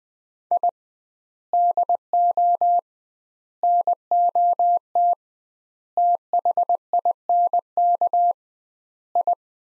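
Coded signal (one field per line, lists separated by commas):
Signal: Morse code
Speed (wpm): 20 wpm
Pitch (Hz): 700 Hz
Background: none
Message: I DO NOT THINK I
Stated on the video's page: Morse practice of five-word sets sent at 20 WPM with double word spacing, a word-level analogue of Farnsworth spacing, for head-copy training.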